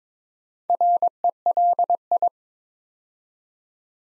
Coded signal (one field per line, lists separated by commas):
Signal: Morse code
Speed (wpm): 23 wpm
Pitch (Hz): 700 Hz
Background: none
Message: RELI